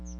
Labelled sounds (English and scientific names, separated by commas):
Chestnut-sided Warbler (Setophaga pensylvanica) flight call